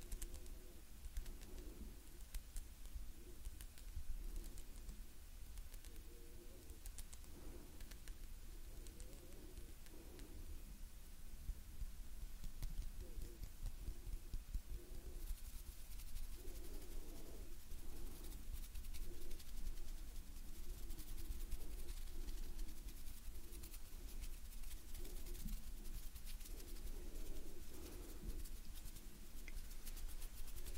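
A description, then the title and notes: Gentle hand sounds and slow breathing over a steady low hum. Soft, muffled pulses rise and fall every second or two, with light rustling and tiny crackles scattered throughout, growing busier after the halfway point while the overall level stays even. Gentle Hand Sounds Movements & Breathing.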